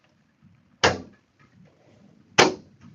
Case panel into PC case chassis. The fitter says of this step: here in two clicks.